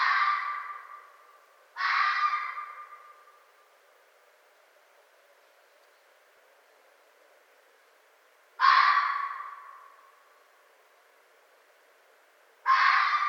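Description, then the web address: Red fox screaming: four harsh, raspy wails with quiet stretches between. Recorded 4 May 2011. "Red Fox 2011 05 04"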